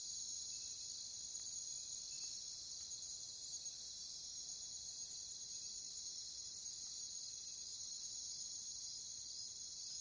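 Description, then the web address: Crickets droning in a thick, steady, high-pitched chorus. "Nature Songs Nature Sounds Sounds of Nature Collection Crickets"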